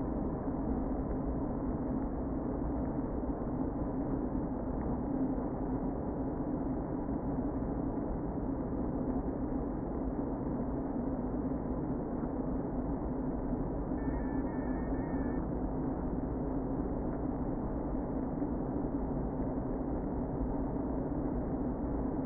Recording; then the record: honeybee colony, microphone inside the hive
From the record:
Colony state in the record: queen present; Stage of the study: before two queens were removed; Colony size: about 60,000 bees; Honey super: yes